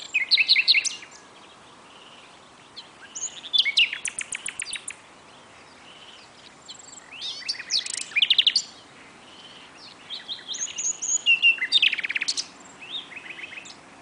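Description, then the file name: Common nightingale delivering several separate bursts of fast rattling trills and sharp, high chirps, with short pauses between phrases. "Luscinia megarhynchos"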